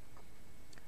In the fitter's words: I don't know if you heard that, by the way, that little click.